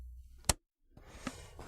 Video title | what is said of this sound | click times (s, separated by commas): Flowmaster 2015-18 Ford F-150 5.0L - Install: Delta Force Cold Air Intake 615147 | Okay, it's locked in. | 0.5 s